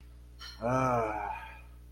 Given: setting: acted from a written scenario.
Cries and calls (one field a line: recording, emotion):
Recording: vocal sound without words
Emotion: relief